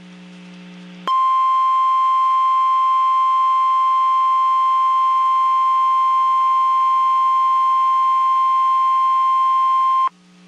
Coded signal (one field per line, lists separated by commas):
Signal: Emergency Alert System (SAME) tones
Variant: 1050 Hz attention tone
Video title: Severe Weather Alerts for Central Texas (EAS 1355-1359)